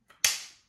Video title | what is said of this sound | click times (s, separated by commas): Shotshell Reloading: The Ultimate Shotshell Dismantler | you'll hear that snap into place and that's it your shells are in half | 0.2 s